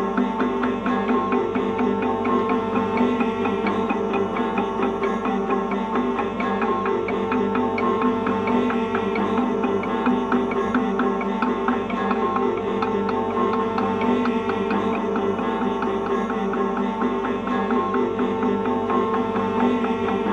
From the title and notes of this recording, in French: Objet usuels détournés de lutherie inventée ou de matériaux naturelles. La manipulation des objets, des matières.